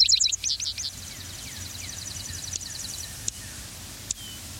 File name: vespersparrow